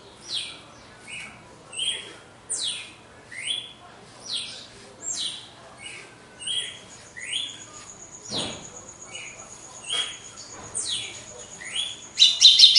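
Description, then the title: Red-cowled cardinal song: repeated whistled notes, alternating falling slurs and short level notes, with a sharp click near the middle. Female; after the moult; contest bird. "Canto Galo Campina Fêmea 02. GALO DE CAMPINA DEPOIS DA MUDA (disputa)"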